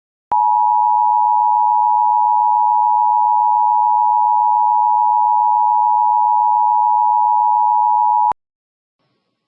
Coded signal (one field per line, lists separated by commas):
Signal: Emergency Alert System (SAME) tones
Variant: 853 and 960 Hz attention tone